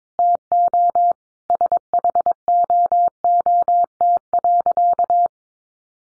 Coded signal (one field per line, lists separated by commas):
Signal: Morse code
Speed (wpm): 22 wpm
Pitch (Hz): 700 Hz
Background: none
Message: TO SHOOT.